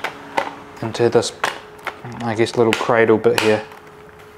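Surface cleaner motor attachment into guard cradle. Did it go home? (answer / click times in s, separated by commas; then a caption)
no / none. The plastic motor attachment of a Ryobi 18V Power outdoor surface cleaner head is handled toward the small cradle on the guard where the bristles attach, with a brief sharp handling knock near 0.4 s while someone talks. Nothing has seated or clicked yet; the clip ends before the part goes home.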